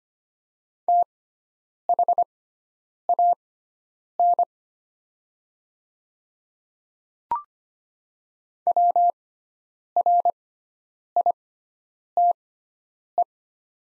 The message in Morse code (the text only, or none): THAN WRITE